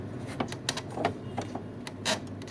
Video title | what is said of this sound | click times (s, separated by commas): Canon Wireless Printer Full Tamil Review MG3070S With Print Samples #chennai78 #trending #printing | அவ்வளோதான். உள்ளே நல்லா push பண்ணிங்கன்னா ஒரு கிளிக் சவுண்டு கேட்டு உள்ளே போயிடும். | 0.7 s